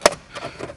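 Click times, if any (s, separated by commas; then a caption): 0.1 s. A plastic pry tool worked into the front map light bezel of a 2015–2020 GMC Canyon / Chevy Colorado pops the plastic lens cover out with a single sharp snap at 0.1 s. A few faint, softer rustles follow, and the lens is released from the bezel.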